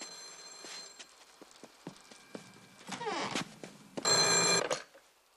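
An old-style telephone bell rings at night in a woman's bedroom while rain falls outside, a loud, shrill burst near the end, preceded by a faint steady tone and scattered soft clicks and thumps as she switches on a night light and rushes to the phone.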